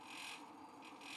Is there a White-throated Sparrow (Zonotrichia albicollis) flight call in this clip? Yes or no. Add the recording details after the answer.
no. No flight call is heard. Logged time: 11:48 on 5 December 2014